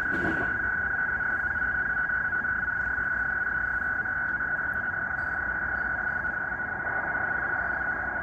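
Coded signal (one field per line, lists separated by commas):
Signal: NAVTEX (SITOR-B)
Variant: 100 baud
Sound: fast, steady warbling two-tone chatter around a mid-pitch tone under hiss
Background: radio static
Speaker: it is decoding this uh he called with nunavut marine weather navtex broadcast quite well right now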